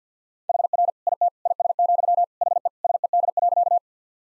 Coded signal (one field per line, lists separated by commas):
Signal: Morse code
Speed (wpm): 50 wpm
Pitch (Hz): 700 Hz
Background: none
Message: HR IT IS, HE SED.